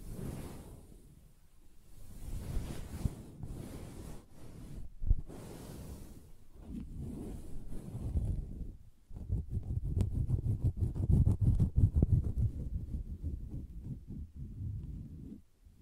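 Soft fabric being scratched and brushed, with a muffled rushing rub through the first nine seconds and a faint hiss on top. After about nine seconds it turns into dense, quick tapping and scratching, low and thuddy, with brief sharp clicks near three and ten seconds.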